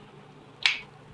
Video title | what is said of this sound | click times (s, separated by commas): jeep commander 5.7 intake manifold and injector cleaning | There's the pop. | 0.7 s